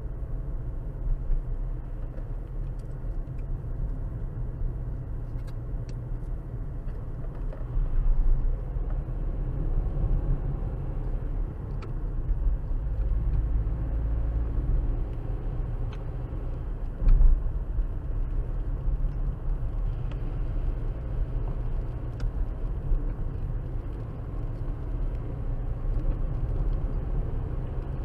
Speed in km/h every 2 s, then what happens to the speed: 42, 44, 44, 44, 47, 52, 52, 55, 58, 58, 56, 56, 56, 61.
0-7 steady at about 44. 7-15 speeds up to 58. 15-24 steady at about 56.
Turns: none.